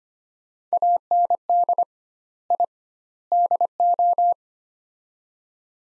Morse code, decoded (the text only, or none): AND I DO